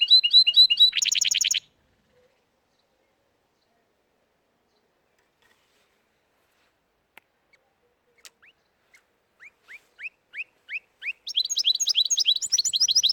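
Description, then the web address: Canary song in two loud bursts of rapid trills and chirps, separated by silence and a run of soft, spaced clicks that build back into trilling. "Golchin Best Canari Seda Canari. Niyaz Music)"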